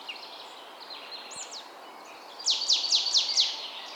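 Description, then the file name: Marsh tit with soft, thin notes early on, then a rapid series of five sharp, high, downslurred notes near the end, over constant background hiss. "Poecile palustris"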